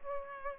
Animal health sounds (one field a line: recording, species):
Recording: mosquito wingbeat signal from an infrared sensor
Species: Aedes aegypti